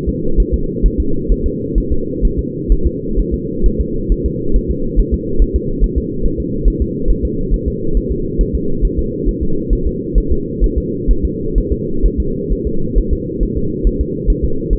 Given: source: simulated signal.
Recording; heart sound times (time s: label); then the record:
fetal heart sounds
0.09 s: S2
0.40 s: S1
0.54 s: S2
0.86 s: S1
1.00 s: S2
1.32 s: S1
1.46 s: S2
1.78 s: S1
1.92 s: S2
2.25 s: S1
2.39 s: S2
2.72 s: S1
2.87 s: S2
3.19 s: S1
3.34 s: S2
3.66 s: S1
3.81 s: S2
4.12 s: S1
4.26 s: S2
4.56 s: S1
4.71 s: S2
4.99 s: S1
5.14 s: S2
5.42 s: S1
5.56 s: S2
5.84 s: S1
5.98 s: S2
6.26 s: S1
6.40 s: S2
6.68 s: S1
6.82 s: S2
7.10 s: S1
7.25 s: S2
7.54 s: S1
7.68 s: S2
7.97 s: S1
8.12 s: S2
8.41 s: S1
8.55 s: S2
8.85 s: S1
8.99 s: S2
9.29 s: S1
9.43 s: S2
9.73 s: S1
9.87 s: S2
10.18 s: S1
10.32 s: S2
10.64 s: S1
10.78 s: S2
11.11 s: S1
11.25 s: S2
11.58 s: S1
11.72 s: S2
12.06 s: S1
12.20 s: S2
12.52 s: S1
12.67 s: S2
12.98 s: S1
13.13 s: S2
13.43 s: S1
13.58 s: S2
13.87 s: S1
14.01 s: S2
14.30 s: S1
14.45 s: S2
14.73 s: S1
From the record:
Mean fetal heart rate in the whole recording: 135 bpm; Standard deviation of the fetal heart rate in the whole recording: 3 bpm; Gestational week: 36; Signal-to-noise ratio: -8.1 dB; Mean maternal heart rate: 72 bpm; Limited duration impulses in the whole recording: absent